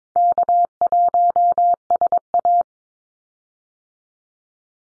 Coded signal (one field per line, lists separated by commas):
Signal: Morse code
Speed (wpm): 22 wpm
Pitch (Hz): 700 Hz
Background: none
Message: K1SA